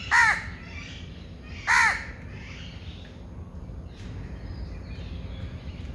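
Bird utters two loud, raspy caws about one and a half seconds apart, then only faint chirps and low background noise follow.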